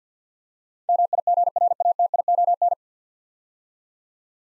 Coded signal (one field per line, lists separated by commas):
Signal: Morse code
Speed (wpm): 50 wpm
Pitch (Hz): 700 Hz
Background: none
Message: MIGRATION